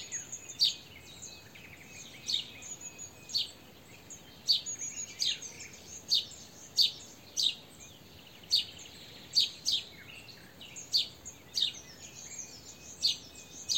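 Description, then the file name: House sparrow calling with a long series of sharp chirps, with a constant high-pitched buzz behind. "Passer domesticus"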